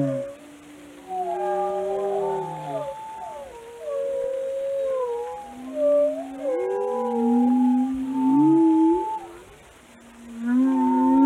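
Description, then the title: Whale calls, wandering mid-pitched whistles and moans overlapping, a lull near ten seconds before the calls swell again. "Whale Watching: A Close Encounter with the Giants of the Sea"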